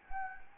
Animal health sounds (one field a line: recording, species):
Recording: mosquito wingbeat signal from an infrared sensor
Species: Anopheles gambiae